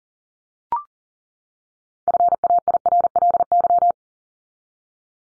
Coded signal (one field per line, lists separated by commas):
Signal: Morse code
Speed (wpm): 40 wpm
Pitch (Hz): 700 Hz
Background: none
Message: FAIRLY